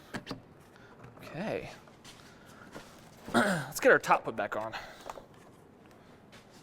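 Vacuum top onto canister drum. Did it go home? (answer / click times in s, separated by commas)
yes / 5.1 s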